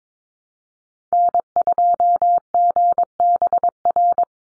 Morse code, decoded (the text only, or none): N2GBR